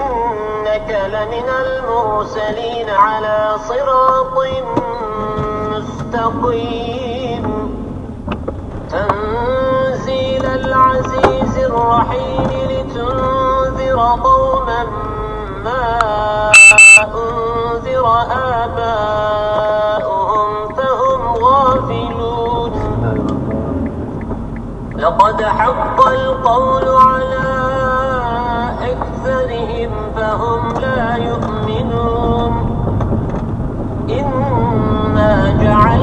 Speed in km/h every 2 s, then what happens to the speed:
12, 11, 2, 10, 15, 16, 12, 10, 10, 0, 0, 10, 22, 27, 28, 27, 27, 28.
0-4 slows to 2. 4-10 pulls away to 16. 10-17 slows to 0. 17-20 standing. 20-27 pulls away to 28. 27-36 steady at about 27.